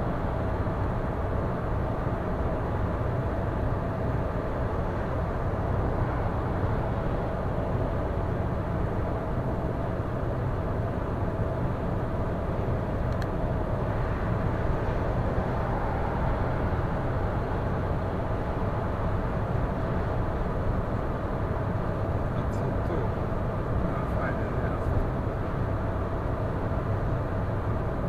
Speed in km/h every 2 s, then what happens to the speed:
110, 111, 111, 111, 112, 112, 112, 112, 112, 112, 113, 113, 115, 114.
0-28 steady at about 112.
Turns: none.